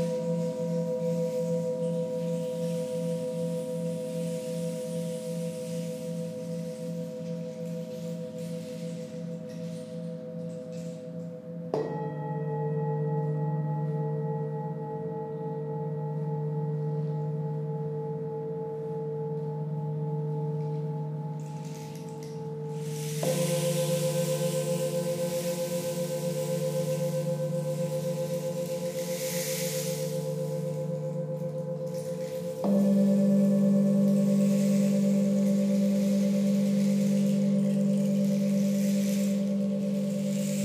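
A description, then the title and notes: Singing bowls ring in long sustained tones, struck anew about every ten seconds, each strike shifting pitch with a soft shimmering wash behind. This is the first track I recorded of Vicky and Emma at Omoon Studio in Tsim Sha Tsui, HK. Emma journeys around the room and plays singing bowls or other sound instruments to each participant while Vicky creates the overall mood in the space from a stationary position. Vicky played the singing bowls and tongue drum and Emma played the rain 'ring' and some bowls.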